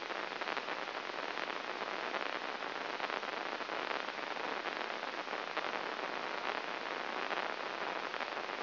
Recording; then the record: brain microelectrode recording played as sound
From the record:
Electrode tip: inside the subthalamic nucleus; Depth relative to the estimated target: 1 mm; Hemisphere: right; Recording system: AlphaMap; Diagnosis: Parkinson's disease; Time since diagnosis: 19 years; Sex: male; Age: 59 years